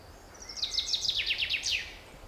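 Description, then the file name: Common chaffinch song: a quick run of high, descending strokes ending in a brief flourish, over faint steady background hiss. "Fringilla coelebs"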